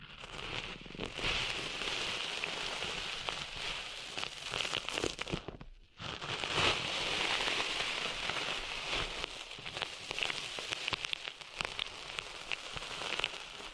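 Cleaning sand out of ears makes a dense, crackly, rain-like rustle with fast scratchy clicks, briefly stopping near six seconds before resuming.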